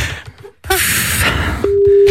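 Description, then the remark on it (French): A burst of hissing line noise gives way to a single steady, mid-pitched telephone ringing tone of a dialed outgoing call that sounds clearly and continuously to the end, with no voices. “on l'appelle tout de suite, on compose son numéro de téléphone, c'est Denichon qui va l'appeler.”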